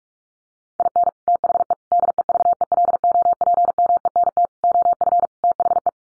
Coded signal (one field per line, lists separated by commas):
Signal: Morse code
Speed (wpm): 44 wpm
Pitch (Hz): 700 Hz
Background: none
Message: IN THE DEVELOPMENT OF THE